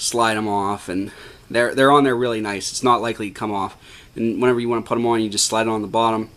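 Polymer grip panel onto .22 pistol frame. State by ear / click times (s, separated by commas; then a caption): not seated / none. Someone talks while handling an interchangeable polymer grip panel (backstrap sleeve) for a Ruger SR22P .22 pistol, which is slid onto the frame from the bottom. Nothing has seated or clicked into place yet.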